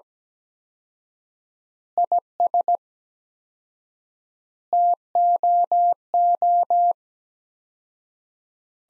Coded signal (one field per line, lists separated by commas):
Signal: Morse code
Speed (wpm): 17 wpm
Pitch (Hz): 700 Hz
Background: none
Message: IS TOO